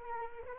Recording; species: mosquito wingbeat signal from an infrared sensor; Anopheles arabiensis